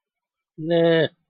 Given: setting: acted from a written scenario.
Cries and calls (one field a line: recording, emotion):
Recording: vocal sound without words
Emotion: neutral